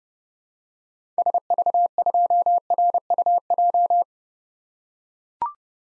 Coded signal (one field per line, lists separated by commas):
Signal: Morse code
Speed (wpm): 31 wpm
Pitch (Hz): 700 Hz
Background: none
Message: SV2RUJ